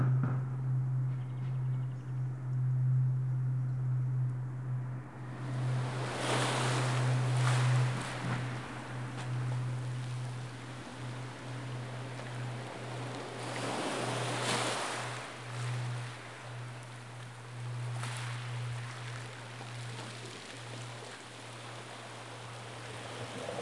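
A steady low engine hum runs throughout, like a boat motor, holding one deep tone. After about five seconds a rushing wash of water or wind swells in, with louder surges near six, fifteen and eighteen seconds, then settles into a softer hiss.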